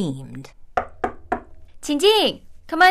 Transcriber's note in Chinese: sound of knocking door